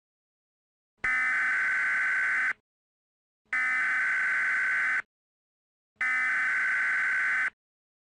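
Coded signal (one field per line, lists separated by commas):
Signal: Emergency Alert System (SAME) tones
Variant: header bursts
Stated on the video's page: Mock EAS alert, not a real broadcast.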